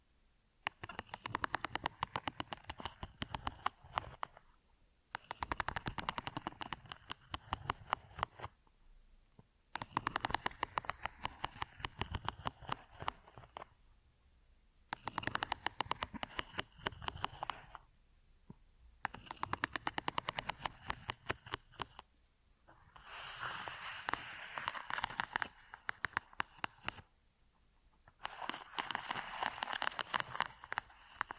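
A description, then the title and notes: Ear triggers come in bursts of dense scratching and crackling rubbing, each lasting about four to five seconds. Short pauses of near silence fall between them, roughly every five seconds. The sound is full and bright. ASMR DEEP Ear Attention Triggers for DEEP Sleep (No Talking).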